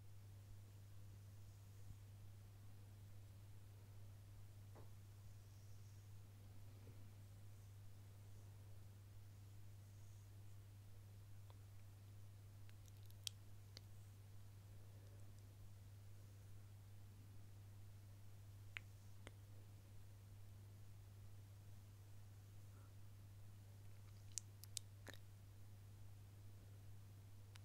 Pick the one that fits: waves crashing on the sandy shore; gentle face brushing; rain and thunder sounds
gentle face brushing